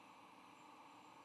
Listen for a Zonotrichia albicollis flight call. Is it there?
no